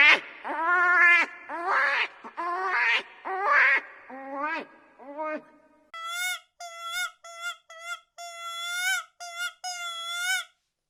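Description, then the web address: Hare uttering rough, wavering cries that shift halfway through to clearer, higher, steadier wails in quick succession. Hare scream. "urlo di lepre"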